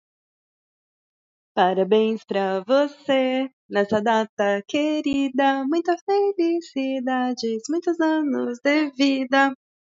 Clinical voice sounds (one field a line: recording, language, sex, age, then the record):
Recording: short text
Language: Brazilian Portuguese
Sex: female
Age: 30 to 39 years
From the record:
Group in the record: control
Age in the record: 33 years